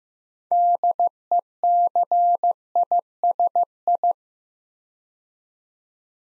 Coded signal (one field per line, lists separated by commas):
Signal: Morse code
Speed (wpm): 15 wpm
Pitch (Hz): 700 Hz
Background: none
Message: DECISI